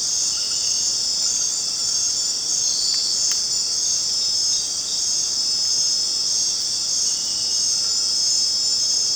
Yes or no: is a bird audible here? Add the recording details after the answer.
no. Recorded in dense forest near Puerto Asís, Putumayo, Colombia, on 27 June 2025 at 19:00. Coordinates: 0.484, -76.317. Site G045